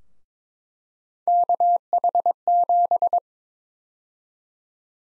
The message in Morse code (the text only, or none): KH7